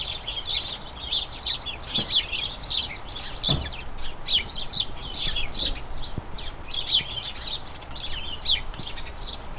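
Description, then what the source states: House sparrows chirping as a flock, a dense continuous chatter of short bright chirps overlapping without pause, with a few soft low thumps beneath. Colony of about a dozen house sparrows chattering incessantly in a small front garden as crocuses bloom, excitement signalling the colony turning to the breeding season.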